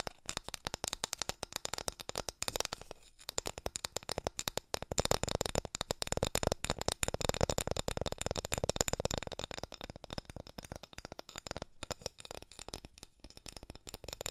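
Fast tapping runs through nearly the whole fourteen seconds, a dense stream of sharp, clicky hits with a papery, card-like rattle. The pace surges and thins, briefly dropping out near three and five seconds, and grows sparser and more scattered after about eleven seconds.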